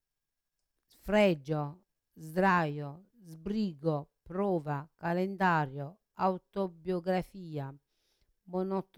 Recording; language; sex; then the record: read list of words; Italian; female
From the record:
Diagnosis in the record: Parkinson's disease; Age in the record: 63 years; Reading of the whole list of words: 61 s, 4.6 characters per second